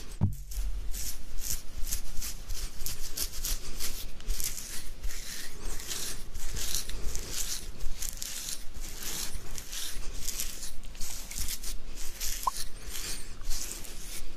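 Beard scratching, a dense run of dry, bristly rasps that keep coming at a quick, uneven pace throughout. Each stroke is a bright, crackling scrape with little low sound beneath, and a soft bump opens the recording.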